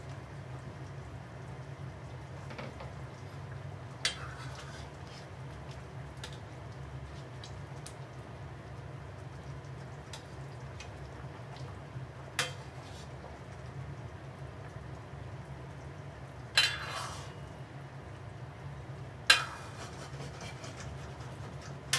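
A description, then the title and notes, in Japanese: A pot simmers with a steady, low bubbling murmur that holds unchanged throughout. A few sharp metallic scrapes and clicks cut in now and then, near 4, 12, 17 and 19 seconds, the one around 17 seconds longer and rougher, like a blade drawn on a stone. 煮物と包丁研ぎ。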